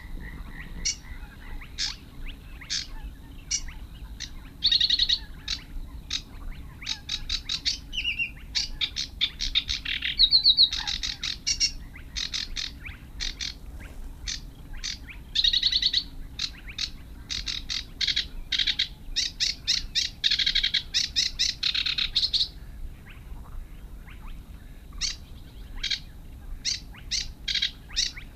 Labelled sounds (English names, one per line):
Sedge Warbler song